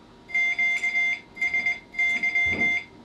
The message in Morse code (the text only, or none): QSY